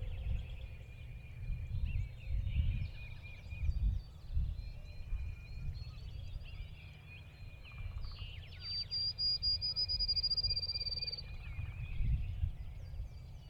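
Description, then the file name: Birds calling: several overlapping chirps, buzzy trills and a sustained high whistle late on, with bursts of low rumbling noise throughout. Field birds near a lake in early spring, 1 April 2017, recorded with an SD 702. "freesound Early Spring Field Birds"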